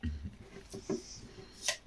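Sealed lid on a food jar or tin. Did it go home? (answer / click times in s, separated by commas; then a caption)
released / 1.7 s. A handheld opener gadget works at the sealed lid of a food jar or tin, with a few soft low knocks at 0.0 and 0.7 s. The vacuum seal lets go with a small, sharp pop at 1.7 s, and the lid is released.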